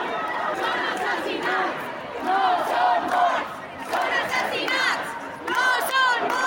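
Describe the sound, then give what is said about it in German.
A loud crowd of about 1500 young protesters in Valencia, mostly school students aged 15 to 17 with some teachers, chanting and shouting together against the authorities over rebuilding schools in flooded areas; their many voices rise in rhythmic swells of repeated phrases such as "Partidos de Payasos", with no single speaker standing out. “Sie protestieren gegen die Inkompetenz der Behörden bei dem Wiederaufbau der Schulen in den überschwemmten Gebieten in Valencia.”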